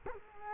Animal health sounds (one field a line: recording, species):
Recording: mosquito wingbeat signal from an infrared sensor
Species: Culex quinquefasciatus